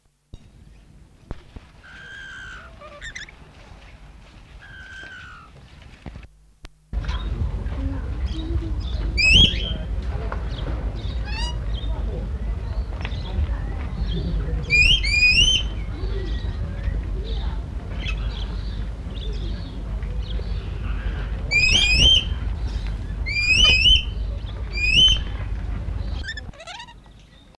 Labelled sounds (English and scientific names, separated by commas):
Chattering Lory (Lorius garrulus) call